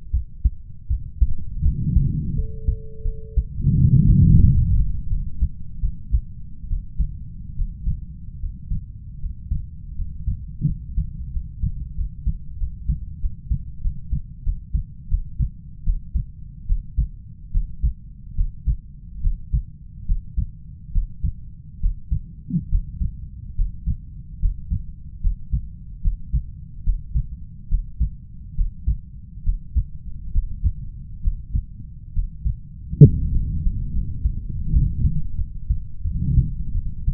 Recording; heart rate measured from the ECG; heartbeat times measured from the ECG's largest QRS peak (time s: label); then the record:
heart sounds by stethoscope; 77 bpm
0.11 s: heartbeat
0.87 s: heartbeat
1.62 s: heartbeat
2.34 s: heartbeat
3.02 s: heartbeat
3.75 s: heartbeat
4.41 s: heartbeat
5.08 s: heartbeat
5.80 s: heartbeat
6.68 s: heartbeat
7.55 s: heartbeat
8.39 s: heartbeat
9.19 s: heartbeat
9.94 s: heartbeat
10.64 s: heartbeat
11.30 s: heartbeat
11.93 s: heartbeat
12.56 s: heartbeat
13.18 s: heartbeat
13.80 s: heartbeat
14.42 s: heartbeat
15.07 s: heartbeat
15.83 s: heartbeat
16.65 s: heartbeat
17.50 s: heartbeat
18.34 s: heartbeat
19.20 s: heartbeat
20.05 s: heartbeat
20.91 s: heartbeat
21.79 s: heartbeat
22.68 s: heartbeat
23.55 s: heartbeat
24.39 s: heartbeat
25.20 s: heartbeat
26.01 s: heartbeat
26.83 s: heartbeat
27.68 s: heartbeat
28.54 s: heartbeat
29.42 s: heartbeat
30.31 s: heartbeat
31.21 s: heartbeat
32.12 s: heartbeat
33.02 s: heartbeat
33.91 s: heartbeat
34.70 s: heartbeat
35.35 s: heartbeat
36.02 s: heartbeat
36.72 s: heartbeat
From the record:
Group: healthy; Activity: rest 0-4 s, breath hold 4-34 s, rest 34-37 s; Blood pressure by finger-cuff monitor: 101/72 mmHg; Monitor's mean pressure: 81 mmHg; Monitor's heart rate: 74 bpm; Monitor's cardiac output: 5.6 L/min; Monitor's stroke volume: 74 mL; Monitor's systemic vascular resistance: 1010 dyn s/cm5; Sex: male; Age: 20 years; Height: 187 cm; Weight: 68.9 kg